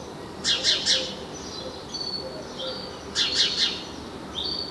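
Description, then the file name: House sparrow giving bursts of three rapid chirps twice, separated by softer thin whistled notes, over a constant low hiss. "Passer domesticus"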